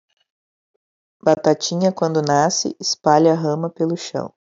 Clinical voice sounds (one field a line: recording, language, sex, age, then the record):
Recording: short text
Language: Brazilian Portuguese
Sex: female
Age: 30 to 39 years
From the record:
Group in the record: control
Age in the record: 39 years